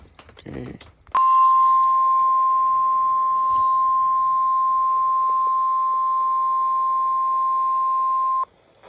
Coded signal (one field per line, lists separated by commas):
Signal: Emergency Alert System (SAME) tones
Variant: 1050 Hz attention tone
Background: speech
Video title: Eas alerts, I have not uploaded eas alerts from 8/3/22-/5/8/24 Eas 733-801